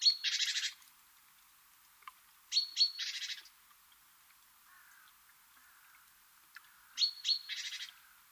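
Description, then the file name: Great tit calling: high thin notes run straight into a buzzy, rattling churr, the phrase given three times with quiet gaps between. "Parus major"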